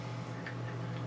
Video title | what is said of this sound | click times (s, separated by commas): Talking Skull 2013 Manual | and you pop it on | 0.5 s